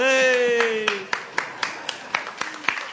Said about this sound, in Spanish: Presidente. Me están aplaudiendo.